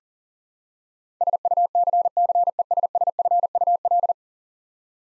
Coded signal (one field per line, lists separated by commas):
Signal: Morse code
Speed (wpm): 40 wpm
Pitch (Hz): 700 Hz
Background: none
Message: SUCCESSFUL